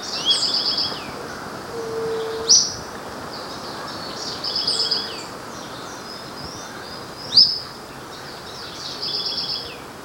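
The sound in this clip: Bird calls: high, squeaky note clusters every few seconds, with two sharp, loud upslurred notes between them over a steady background hiss.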